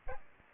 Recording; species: mosquito wingbeat signal from an infrared sensor; Aedes aegypti